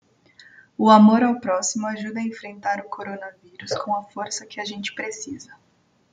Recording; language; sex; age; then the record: spoken sentence; Brazilian Portuguese; female; 20 to 29 years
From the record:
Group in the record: control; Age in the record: 29 years